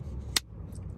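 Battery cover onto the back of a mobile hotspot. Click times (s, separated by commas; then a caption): 0.4 s. A plastic battery cover is pressed down onto the back of a NETGEAR Nighthawk 5G Mobile Hotspot Pro until its rear clips catch. One sharp, bright snap is heard at 0.4 s over a low, steady background rumble. The cover seats in place.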